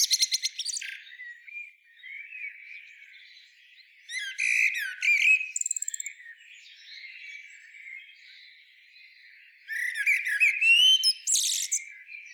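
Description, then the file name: Common blackbird song: three bursts of squeaky, high twittering mixed with lower warbled notes, separated by quieter gaps of a few seconds. "Turdus merula"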